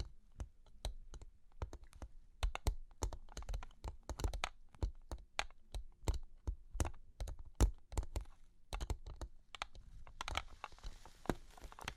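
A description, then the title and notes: Long claws tap against a hard surface in quick, uneven bursts, each click sharp and bright with a dull knock underneath. The taps come several per second, sometimes doubled, and near the end a soft scratchy hiss rises behind them. Long Claws Tapping and Scratching (No Talking).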